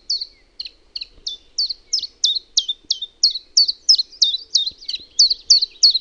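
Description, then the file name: Common chiffchaff song starting softly then growing louder, a string of high clipped notes delivered about three a second with slight pitch alternation. Finland. "TILTALTTI"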